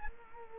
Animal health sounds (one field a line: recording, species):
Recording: mosquito wingbeat signal from an infrared sensor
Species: Culex quinquefasciatus